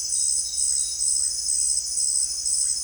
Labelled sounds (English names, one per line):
none